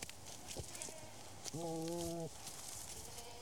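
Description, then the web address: Goat bleat: one steady, nasal call of under a second, against a constant hiss. Goats mating; livestock. "The BBC Sound Effects Library Livestock Goats Mating"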